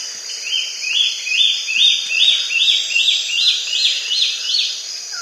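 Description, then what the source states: Wing-banded antbird song, a steady run of upslurred whistles repeated about two and a half times a second, swelling and rising, with constant high insect buzzing behind. South America.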